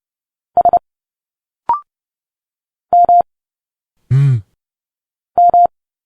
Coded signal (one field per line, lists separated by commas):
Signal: Morse code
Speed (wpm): 30 wpm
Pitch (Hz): 700 Hz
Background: none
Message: S M M